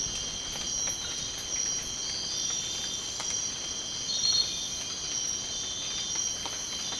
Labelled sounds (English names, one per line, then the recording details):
none
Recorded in dense forest near Puerto Asís, Putumayo, Colombia, on 19 March 2025 at 04:30
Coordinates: 0.500, -76.322
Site GP06